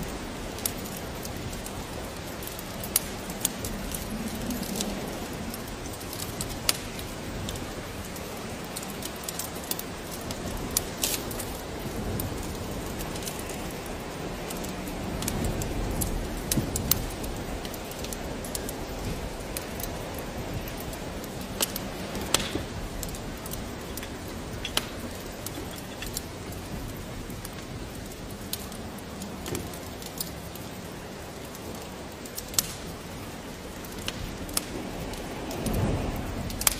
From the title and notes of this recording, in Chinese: 雨天烤火声丨白噪音。